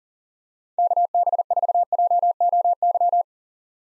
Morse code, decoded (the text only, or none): KB4JOY